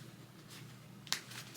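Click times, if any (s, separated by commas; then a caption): 1.1 s. A magnetic snap closure on a fabric bag, with one half on the bag flap and the other on the bag body, is brought together by hand. A faint tick at 1.1 s is followed by a sharp, bright click at 1.1 s as the halves snap in place and the closure seats, over a quiet background.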